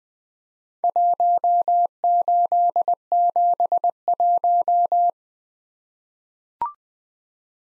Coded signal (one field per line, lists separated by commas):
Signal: Morse code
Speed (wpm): 20 wpm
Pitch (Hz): 700 Hz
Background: none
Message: 1871